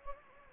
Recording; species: mosquito wingbeat signal from an infrared sensor; Anopheles gambiae